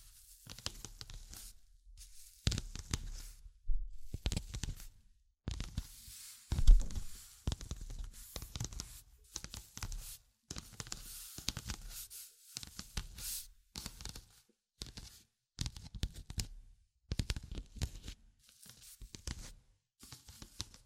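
Tapping, scratching and tracing sounds come in short rough bursts, some with hard knocks, separated by frequent brief silences throughout.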